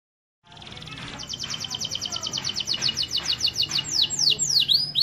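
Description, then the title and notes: Canary trilling after a brief silence, a fast even rattle of high notes turning into sweeping downward slurs. Canary master song for training birds. "Suara Burung Kenari Masteran. master suara burung kenari mantap"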